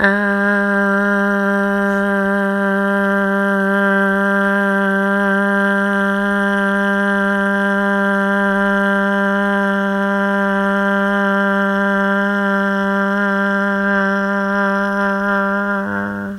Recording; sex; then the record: sustained vowel /a/; female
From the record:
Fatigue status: no fatigue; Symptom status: asymptomatic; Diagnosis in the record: COVID-19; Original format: m4a